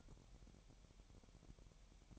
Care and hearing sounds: daily activity, microphone in the room; take from stove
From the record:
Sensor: 1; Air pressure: 1012.1 hPa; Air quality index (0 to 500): 222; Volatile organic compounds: 5 ppm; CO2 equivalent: 1778 ppm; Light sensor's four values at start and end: 74/175/74/79 and 74/175/75/79

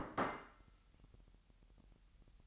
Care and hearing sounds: daily activity, microphone in the room; place plate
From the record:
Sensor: 3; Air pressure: 1002.0 hPa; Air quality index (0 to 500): 247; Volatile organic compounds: 51 ppm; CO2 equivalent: 3307 ppm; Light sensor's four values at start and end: 12/37/16/13 and 12/37/16/13

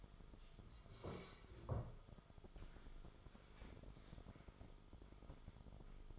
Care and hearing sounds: daily activity, microphone in the room; sit down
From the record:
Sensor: 5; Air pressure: 1005.5 hPa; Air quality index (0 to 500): 102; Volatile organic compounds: 2 ppm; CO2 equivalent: 1250 ppm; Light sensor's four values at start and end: 34/78/31/29 and 34/78/31/29

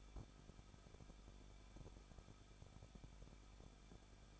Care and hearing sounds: daily activity, microphone in the room; no activity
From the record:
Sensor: 5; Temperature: 20.8 degrees Celsius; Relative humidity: 38.3%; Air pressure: 1006.6 hPa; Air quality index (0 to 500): 186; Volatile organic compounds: 18 ppm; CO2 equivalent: 2611 ppm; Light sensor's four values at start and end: 2/3/1/1 and 2/3/1/1

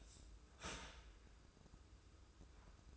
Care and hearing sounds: daily activity, microphone in the room; start toaster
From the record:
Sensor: 2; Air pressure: 995.2 hPa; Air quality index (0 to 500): 55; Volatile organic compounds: 1 ppm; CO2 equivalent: 890 ppm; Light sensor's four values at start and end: 16/52/20/19 and 16/53/20/20

